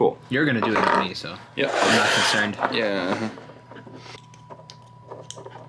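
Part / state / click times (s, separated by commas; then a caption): crimped pin terminal into wiring harness connector housing / seated / 5.3 s. Someone talks, then a crimped metal pin terminal is pushed into the back of a plastic wiring harness connector for a VW Corrado engine harness. Faint small handling ticks follow, and the terminal clicks and locks in place at 5.3 s, fully seated.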